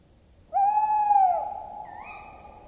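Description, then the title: Tawny owl giving a long, even hoot that softly wavers and fades, followed by a fainter rising note near the end. "Viikon luontoääni: Lehtopöllö"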